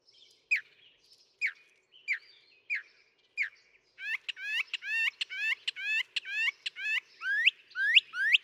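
Northern mockingbird song: a sharp, falling note repeated slowly, then a fast series of looping chirps and rising slurred whistles.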